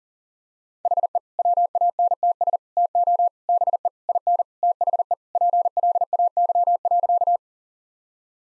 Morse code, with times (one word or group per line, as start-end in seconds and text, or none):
0.9-1.2 HE
1.4-2.6 WANTS
2.8-3.3 TO
3.5-3.9 BE
4.1-4.4 IN
4.6-5.1 THE
5.4-7.4 PLAY.